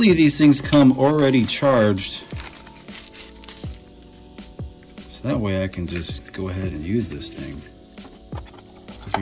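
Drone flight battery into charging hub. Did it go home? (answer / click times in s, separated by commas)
yes / 9.1 s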